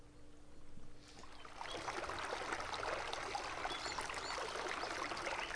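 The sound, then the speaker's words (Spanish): Water runs and babbles steadily, a broad continuous hiss of trickling and splashing that swells in after a quieter opening second and then holds at an even level with no voices. “Esa cortina de mar me gusta, ¿eh? Es como un arroyo.”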